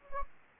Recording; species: mosquito wingbeat signal from an infrared sensor; Anopheles gambiae